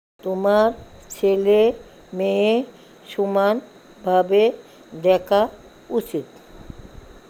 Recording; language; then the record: elicited speech; Bengali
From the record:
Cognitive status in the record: dementia